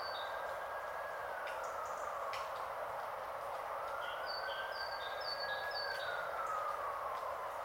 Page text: Fiona Dunn's Podcast. Great Tit in the Rain on 8 Jan 2022